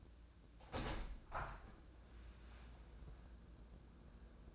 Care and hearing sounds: daily activity, microphone in the room; open window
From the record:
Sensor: 2

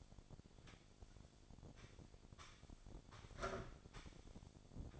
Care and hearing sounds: daily activity, microphone in the room; sweep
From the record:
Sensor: 5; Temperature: 26.3 degrees Celsius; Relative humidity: 38.1%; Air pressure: 1007.1 hPa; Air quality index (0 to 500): 179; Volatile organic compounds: 5 ppm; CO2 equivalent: 1708 ppm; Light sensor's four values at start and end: 56/159/61/62 and 56/159/61/62

